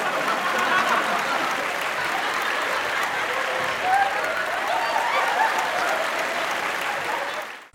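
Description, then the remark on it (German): A crowd applauds steadily for several seconds, a dense, loud wash of clapping with scattered whoops and voices mixed in, fading out abruptly at the end. “Also deshalb, die Leute, wir nehmen heute vor Live-Publikum auf, falls ihr euch wundert.”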